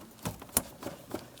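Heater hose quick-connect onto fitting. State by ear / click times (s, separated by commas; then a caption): seated / 0.6 s. On a 2000-2006 Chevrolet Tahoe, during replacement of the right heater hose connector tee, the last heater hose is slid into position and its quick-connect is pressed onto its fitting. A few soft knocks and handling sounds lead up to one sharp, bright click at 0.6 s, followed by quieter rustling. The quick-connect is seated in place.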